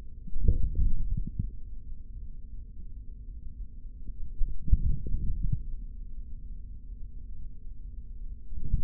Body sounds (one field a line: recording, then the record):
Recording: forearm muscle sounds (acoustic myography)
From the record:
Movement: hand closing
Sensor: system 3, bracelet of six PUI Audio POM-2738L microphones around the upper forearm, with dedicated amplification and filtering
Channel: 3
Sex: male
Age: 26 years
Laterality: right